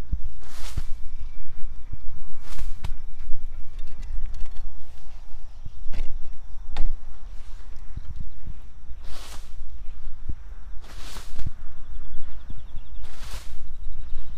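Garlic cloves being planted and covered with soil: soft scraping rushes every few seconds, small taps and clicks between, over a steady low rumble.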